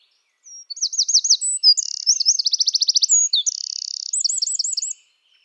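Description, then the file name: Eurasian wren song, a rapid high-pitched outpouring of looping whistles and fast buzzy trills run together for about four seconds, with no other sounds. "Troglodytes troglodytes. Trilar"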